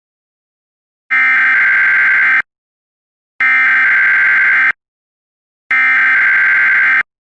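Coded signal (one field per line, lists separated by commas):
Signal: Emergency Alert System (SAME) tones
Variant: header bursts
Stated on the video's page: Fictional EAS scenario, simulated alert tones for an imagined Gulf of Mexico tsunami, not a real alert.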